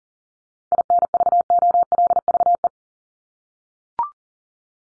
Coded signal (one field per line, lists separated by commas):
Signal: Morse code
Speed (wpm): 40 wpm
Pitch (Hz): 700 Hz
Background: none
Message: INVOLVE